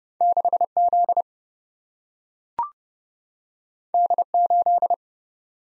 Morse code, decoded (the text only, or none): 6Z D8